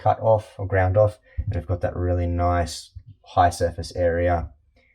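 Someone talks while handling a Wera Kompakt Micro ESD interchangeable micro screwdriver blade with a slotted shank, about to push it into the screwdriver handle's holder. Only speech is heard, with no click. Nothing has seated or clicked yet.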